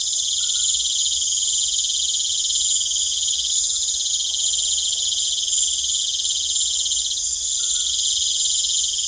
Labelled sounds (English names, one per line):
none